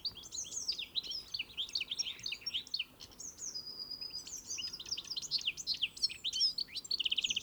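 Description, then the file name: European greenfinch chattering calls, steady stream of quick high twitters with one drawn-out flat whistle midway, then further dense chirping and a brief trill at the close. "Chloris chloris"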